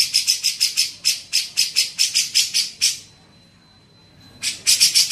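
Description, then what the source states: Grey-cheeked bulbul giving quick rasping chatter notes, then a brief silence with a thin steady tone, then chattering again. Training song (masteran) for songbirds.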